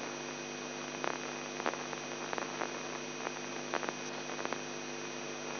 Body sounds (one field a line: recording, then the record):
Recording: brain microelectrode recording played as sound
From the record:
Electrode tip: inside the subthalamic nucleus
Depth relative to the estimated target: 0 mm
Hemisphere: left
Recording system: AlphaMap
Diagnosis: Parkinson's disease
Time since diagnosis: 11 years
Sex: male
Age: 42 years